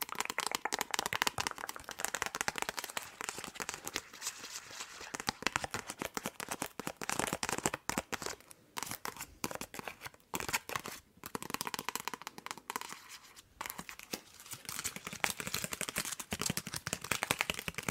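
Long nails tap and scratch in a dense, continuous flurry of sharp clicks and scrapes for the whole stretch. The strokes come rapid and uneven, bright and crisp, with brief gaps around eight and eleven seconds before the busy tapping resumes.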